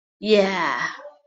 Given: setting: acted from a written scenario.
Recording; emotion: vocal sound without words; triumph